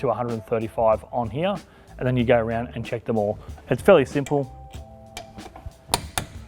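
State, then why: Torque reached. A click-type torque wrench set to 135 tightens a wheel nut on a camper trailer wheel while someone talks. After the talk, the wrench clicks sharply at 5.9 s and 6.2 s, showing the nut has reached the set torque.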